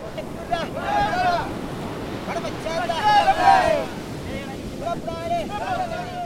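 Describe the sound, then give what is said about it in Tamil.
Steady roar of sea waves breaking on the Jaffna shore with gusting wind buffeting throughout, while intermittent voices rise in drawn-out, sing-song phrases over the continuous surf. “யாழ்ப்பாண கடற்கரையில் அலைமோதி காற்றில் கலந்து வரும் கீதத்தில் ஒலிக்கும் ராகங்களே இவை.”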